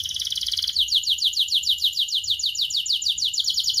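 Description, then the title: Atlantic canary song: a fast dense trill, then a long run of rapid downslurred notes, high-pitched and steady. Canary (kenari) described as gacor, singing with the best cengkok and a very rich isian. "Kenari Gacor Cengkok Terbaik Isian Paling Mewah Kenarigacor Kicaumania Kenari"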